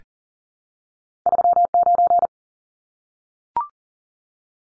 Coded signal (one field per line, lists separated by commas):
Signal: Morse code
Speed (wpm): 37 wpm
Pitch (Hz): 700 Hz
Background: none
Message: 39